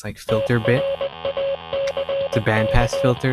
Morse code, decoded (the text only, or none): TRACK